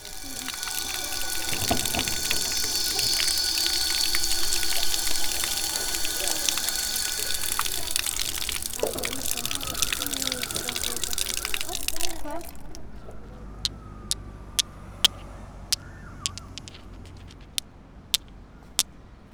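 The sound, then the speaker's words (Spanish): A water fountain flows with a steady, full rushing splash for about twelve seconds, then cuts off, leaving a quieter background broken by a series of sharp, isolated clicks. “Primero he puesto el sonido de la fuente”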